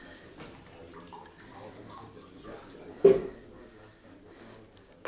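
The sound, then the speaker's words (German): Whisky trickles softly into a glass over a low murmur of background noise, with a single sharp clink of glass around the middle before the quiet pouring trails off. “Lassen Sie, ich brauche einen kleinen Tropfen.”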